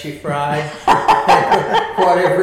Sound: laughter

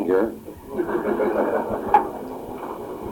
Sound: laughter

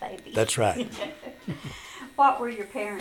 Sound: laughter

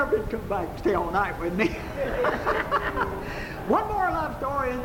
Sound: laughing

